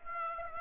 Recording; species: mosquito wingbeat signal from an infrared sensor; Aedes aegypti